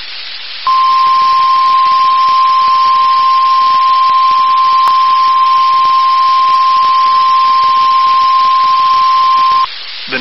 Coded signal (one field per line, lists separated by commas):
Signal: Emergency Alert System (SAME) tones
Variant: 1050 Hz attention tone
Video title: 5/6/22 - Tornado Warning on WNG706 (EAS #464)